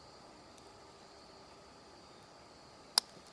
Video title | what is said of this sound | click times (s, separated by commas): How to Trap Coyotes with foot traps | and it just clicked. Okay, when that clicked, I know it's set and I don't have to worry about it. | 3.0 s